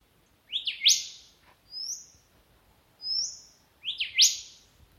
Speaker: Hear how this golden whistler has a very cute little whistle that ends with a drawn-out seep sound.